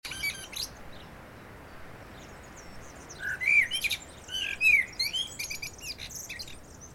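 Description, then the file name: Common blackbird singing: a short high squeak at the start, then a phrase of fluted, looping notes mixed with thin high twittering. "Turdus merula"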